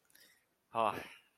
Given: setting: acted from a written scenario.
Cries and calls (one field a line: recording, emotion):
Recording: vocal sound without words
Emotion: pride